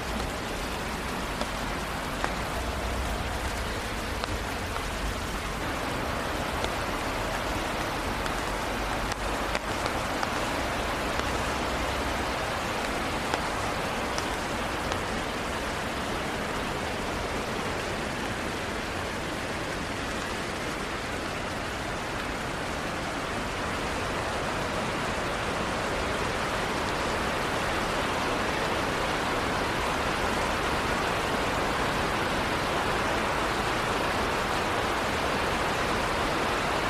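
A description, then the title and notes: Rain falls steadily during a walk around the neighborhood, a dense, even hiss that holds at one level for the whole stretch. A low rumble, like passing traffic, sits underneath, heavier in the first dozen seconds, with a few faint ticks scattered throughout. Long Walk In The Rain Around The Neighborhood.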